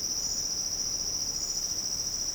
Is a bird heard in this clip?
no